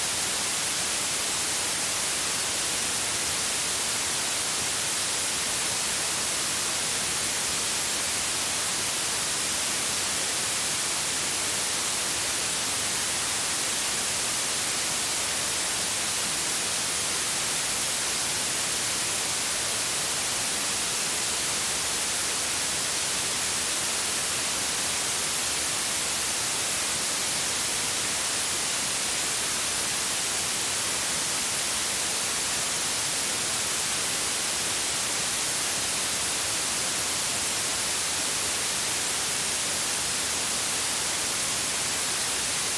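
Electronic white noise runs unbroken for the whole clip, a dense, even hiss with no events or changes. It sounds bright and airy, weighted toward the high end, with only thin low rumble. The level stays perfectly constant throughout.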